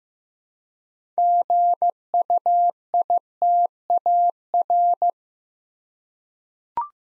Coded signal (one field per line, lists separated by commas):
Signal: Morse code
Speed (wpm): 15 wpm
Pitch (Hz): 700 Hz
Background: none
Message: GUITAR